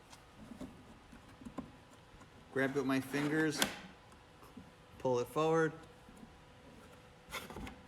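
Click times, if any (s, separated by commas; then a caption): 7.7 s. A plywood drawer is set onto undermount drawer slides and pulled forward while someone talks, with light handling noises in between. At 7.7 s the locking clip under the drawer catches the slide with a short, sharp click, and the drawer is seated.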